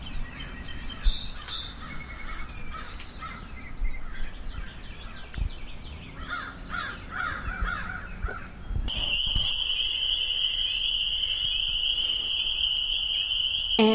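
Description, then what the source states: Crows cawing, a flock giving harsh repeated caws through the first two-thirds, then a steady high shrill chorus of frogs takes over with low background rumble. A flock of crows, unusually close to the house, in the country in springtime.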